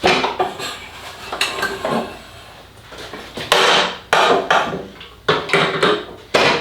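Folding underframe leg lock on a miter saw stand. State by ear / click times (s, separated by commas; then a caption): seated / 4.1 s. A green release lever is pushed on a Festool UG-KA KS 60 folding metal underframe set (202055) for a Kapex miter saw, and the underframe is then pulled up from the other side into its upright position. Several metallic handling knocks and clanks surround a sharp snap at 4.1 s, when the leg lock snaps into place and locks the underframe upright.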